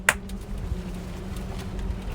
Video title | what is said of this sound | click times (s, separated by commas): Deans Lost The Plot 2/6/19 sweetcorn, chrysanthemums & #washingbasketchallenge2019 | pop it on there and just push till you hear the click. | 0.1 s